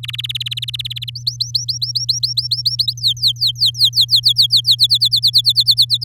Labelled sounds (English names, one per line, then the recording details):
Domestic Canary song
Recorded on 7 May 2018 at 13:42
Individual llb16